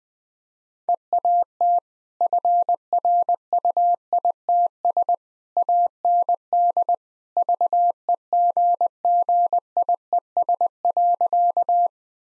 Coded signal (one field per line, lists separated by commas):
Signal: Morse code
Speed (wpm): 20 wpm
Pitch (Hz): 700 Hz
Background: none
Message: EAT FRUITS AND VEGGIES.